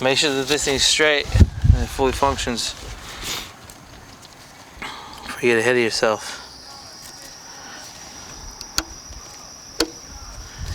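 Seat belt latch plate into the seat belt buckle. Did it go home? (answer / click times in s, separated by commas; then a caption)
yes / 8.8 s, 9.8 s. After a new driver seat belt is installed in a 2020 Subaru Outback, someone talks while the metal latch plate is pushed into the seat belt buckle to check that it works. Two sharp clicks are heard at 8.8 s and 9.8 s, and the latch plate seats in the buckle.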